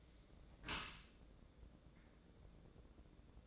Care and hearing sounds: daily activity, microphone in the room; close dishwasher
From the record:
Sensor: 3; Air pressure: 1012.3 hPa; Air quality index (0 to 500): 145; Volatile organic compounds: 2 ppm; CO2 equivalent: 1116 ppm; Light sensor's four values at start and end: 617/1534/628/626 and 622/1545/633/631

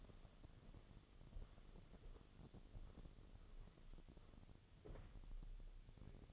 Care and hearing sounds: daily activity, microphone in the room; walk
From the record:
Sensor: 4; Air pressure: 1016.2 hPa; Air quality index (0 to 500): 163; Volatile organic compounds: 6 ppm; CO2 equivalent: 1860 ppm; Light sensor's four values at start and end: 9/21/8/8 and 9/21/8/8

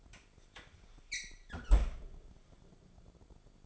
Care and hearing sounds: daily activity, microphone in the room; close fridge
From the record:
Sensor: 5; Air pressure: 1004.7 hPa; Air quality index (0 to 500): 157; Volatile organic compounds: 3 ppm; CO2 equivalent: 1478 ppm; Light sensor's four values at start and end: 22/51/20/19 and 21/48/19/17

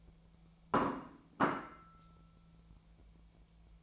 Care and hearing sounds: daily activity, microphone in the room; place plate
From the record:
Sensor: 1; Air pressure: 1000.3 hPa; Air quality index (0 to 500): 143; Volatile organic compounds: 3 ppm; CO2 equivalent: 1341 ppm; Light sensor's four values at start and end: 29/72/31/37 and 29/72/30/37

